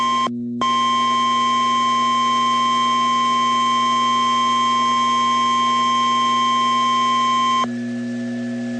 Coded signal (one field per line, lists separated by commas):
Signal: Emergency Alert System (SAME) tones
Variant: 1050 Hz attention tone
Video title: Tornado Warning (EAS #412)